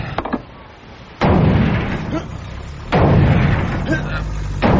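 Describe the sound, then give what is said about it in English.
Three heavy, booming blows of a sledgehammer against an armored door, spaced roughly evenly apart, each loud strike followed by a lingering low rumble, with a few lighter knocks at the start. “Sounds like a sledgehammer.”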